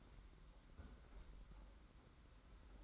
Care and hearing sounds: daily activity, microphone in the room; close fridge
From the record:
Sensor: 3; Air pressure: 991.8 hPa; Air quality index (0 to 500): 216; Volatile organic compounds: 1000 ppm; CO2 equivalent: 7380 ppm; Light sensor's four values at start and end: 33/97/39/33 and 33/97/39/33

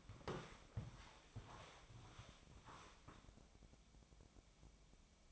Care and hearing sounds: daily activity, microphone in the room; walk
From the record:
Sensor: 1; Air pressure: 1000.6 hPa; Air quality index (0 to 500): 172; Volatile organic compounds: 4 ppm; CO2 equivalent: 1590 ppm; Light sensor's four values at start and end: 15/36/15/17 and 13/32/13/15

